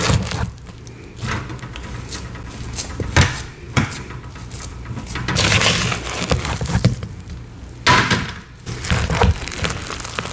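Gym chalk and cornstarch being crushed and worked by hand, with dry crunching and soft crumbling that shifts constantly. Sharper cracking bursts land around 0.5, 1, 3, 4, 5.5 and 8 seconds, between stretches of low, gritty rubbing and pressing.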